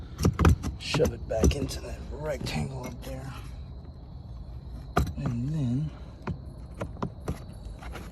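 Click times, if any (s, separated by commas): none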